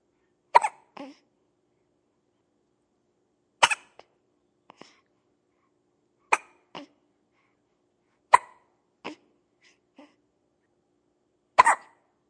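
Five sharp, abrupt hiccups come at uneven gaps of about two to three seconds, each followed by a softer little catch of breath. It is a baby hiccuping, in quiet surroundings.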